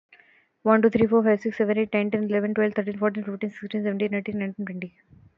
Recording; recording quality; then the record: counting at a fast pace; excellent, no background noise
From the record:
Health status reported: healthy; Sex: female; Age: 23 years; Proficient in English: yes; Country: India